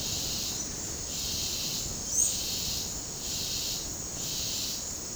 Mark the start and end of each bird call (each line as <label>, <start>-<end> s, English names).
Silver-beaked Tanager, 2.10-2.30 s